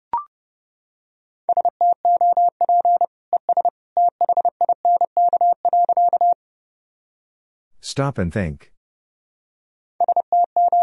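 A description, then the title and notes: Morse code beeps in a steady mid-pitched tone tap out rapid dots and dashes, broken by a short burst of speech near eight seconds. Sentences from Top 300 Words and Abbreviations 30wpm. These sentences are composed of the Top 300 words and Morse code abbreviations. First, the words and abbreviations are sent in Morse code. Then it is spoken.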